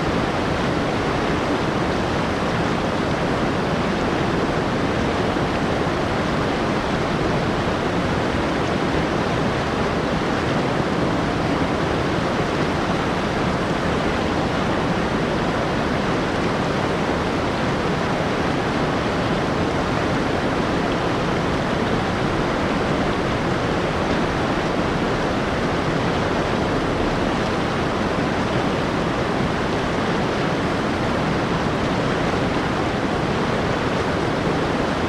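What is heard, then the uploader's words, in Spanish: A river rushes past, its roar dense and unbroken for the whole stretch. The sound is full and even, with a deep low rumble under a bright hissing spray, and the level never rises or falls. Sons de Río. Río Kawarau en Nueva Zelanda. La energía vibrante y la cadencia rítmica de este río de rápido flujo crean un fondo sereno.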